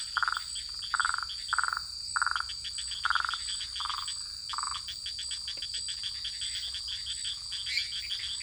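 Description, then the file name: Tree frogs calling: short nasal croaks repeated through the first five seconds, over rapid clicking pulses and a steady high insect drone. Recorded in French Guiana; the source names a lesser treefrog and an unidentified tree frog. "Guyane rainette-menue-et-non-idenfiée"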